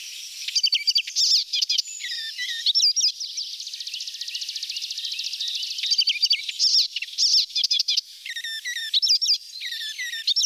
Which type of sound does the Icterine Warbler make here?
song